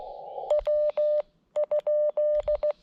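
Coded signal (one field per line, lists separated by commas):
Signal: Morse code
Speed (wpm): 16 wpm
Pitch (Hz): 590 Hz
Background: none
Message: W?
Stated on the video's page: CW POTA activation at a state forest using an FX-4CR at 5 watts with Emtech ZM-2 tuner, 41-foot random wire and 17-foot counterpoise.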